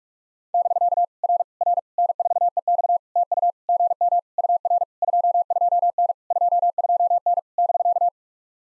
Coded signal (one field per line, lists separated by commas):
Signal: Morse code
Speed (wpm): 44 wpm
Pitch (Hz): 690 Hz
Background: none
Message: <BK> R R N4EX TU GM UR 22N 22N <BK>